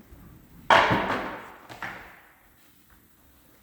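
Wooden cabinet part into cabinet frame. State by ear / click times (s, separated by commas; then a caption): not seated / none. During kitchen cabinet work after hammering, a wooden cabinet part is handled as it is set into position in the cabinet frame. A loud knock at about 0.7 s rings out and fades, followed by two quicker knocks at about 1.7 s and 1.8 s. Nothing has seated yet.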